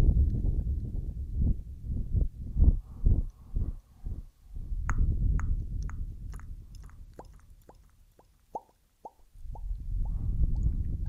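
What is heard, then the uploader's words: Echoed ASMR triggers: deep muffled rubbing and thumps, then a quiet stretch of crisp, regular tapping clicks before low rustling returns. ASMR Echoed Triggers. Ear Massage.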